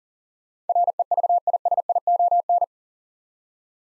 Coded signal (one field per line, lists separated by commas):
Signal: Morse code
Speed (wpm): 37 wpm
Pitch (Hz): 700 Hz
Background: none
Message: REVISION